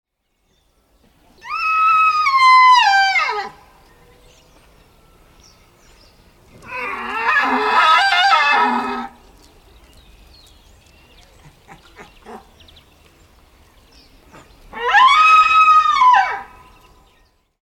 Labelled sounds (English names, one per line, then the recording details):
Red Deer
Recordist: Tembrock, Günter
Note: Brunftrufe